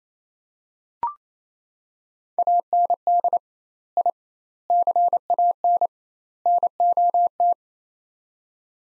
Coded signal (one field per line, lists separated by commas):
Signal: Morse code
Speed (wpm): 28 wpm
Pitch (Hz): 700 Hz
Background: none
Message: AND I CAN NOT